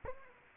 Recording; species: mosquito wingbeat signal from an infrared sensor; Anopheles arabiensis